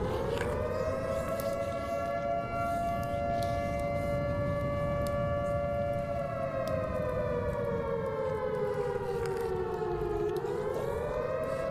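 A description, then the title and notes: An air raid siren wails with a steady, sustained tone that holds level for about six seconds, then slowly sinks in pitch and rises again near the end. Beneath it runs a constant low rumble, and faint scattered clicks dot the background. Zombie apocalypse ASMR Ambience. Air raid siren.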